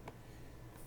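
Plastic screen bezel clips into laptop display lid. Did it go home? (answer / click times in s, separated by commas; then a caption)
no / none. Fingers handle the plastic screen bezel at the edge of an HP Pavilion 360 laptop display lid during a touchscreen replacement, making a brief soft tap near the start followed by quiet, steady handling noise. Nothing has seated or clicked into place yet.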